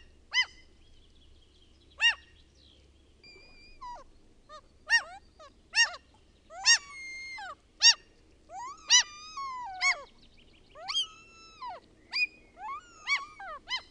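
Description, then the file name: Common gull calls: short harmonic yelping notes, spaced at first, then quicker with drawn-out mewing cries mixed in toward the end. "KALALOKKI"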